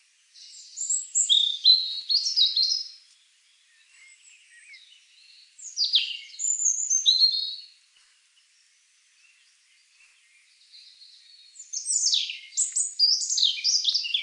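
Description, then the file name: European robin singing three high, varied phrases of twitters and whistles, separated by short pauses. "Erithacus rubecula"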